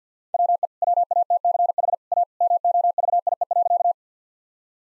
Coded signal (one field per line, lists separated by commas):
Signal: Morse code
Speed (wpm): 50 wpm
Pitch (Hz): 700 Hz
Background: none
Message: WE WATCH A MOVIE.